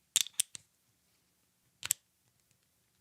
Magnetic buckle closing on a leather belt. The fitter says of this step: but those days are over my friends I mean it literally just snaps into place